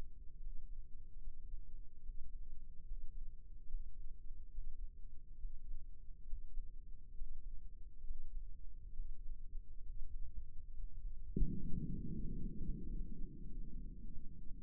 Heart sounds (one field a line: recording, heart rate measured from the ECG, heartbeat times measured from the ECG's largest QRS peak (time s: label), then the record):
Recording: heart sounds by microphone in the left ear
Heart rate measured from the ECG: 69 bpm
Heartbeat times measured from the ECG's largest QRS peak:
0.38 s: heartbeat
1.18 s: heartbeat
2.00 s: heartbeat
2.83 s: heartbeat
3.65 s: heartbeat
4.49 s: heartbeat
5.36 s: heartbeat
6.24 s: heartbeat
7.13 s: heartbeat
8.02 s: heartbeat
8.91 s: heartbeat
9.81 s: heartbeat
10.71 s: heartbeat
11.64 s: heartbeat
12.56 s: heartbeat
13.45 s: heartbeat
14.37 s: heartbeat
From the record:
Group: healthy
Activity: breath hold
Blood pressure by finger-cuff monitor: 93/60 mmHg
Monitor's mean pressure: 69 mmHg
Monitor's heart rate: 69 bpm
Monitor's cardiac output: 5.5 L/min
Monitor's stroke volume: 83 mL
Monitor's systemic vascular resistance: 880 dyn s/cm5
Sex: male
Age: 22 years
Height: 181 cm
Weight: 79 kg